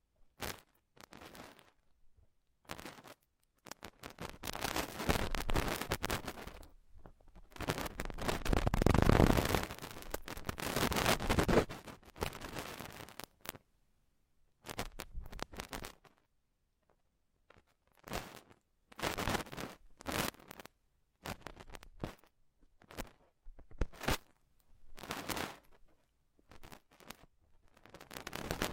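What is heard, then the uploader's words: Close, fine touching and rubbing at the ear comes in short scratchy bursts separated by moments of near silence. The contact is densest and loudest from about five to twelve seconds, then returns as brief, irregular strokes. Nothing else is heard behind it. Ultra-fine ear touch, immersive experience.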